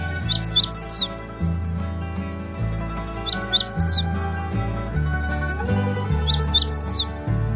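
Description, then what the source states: Magnolia Warbler song: short, high, sweet phrase of quick slurred notes, given three times roughly every three seconds over low background music. Male song.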